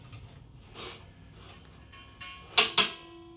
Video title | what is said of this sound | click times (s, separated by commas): Subscribers Left - It's My Fault | so you hear that clicking you have to wait for the click at least one before it holds | 2.6 s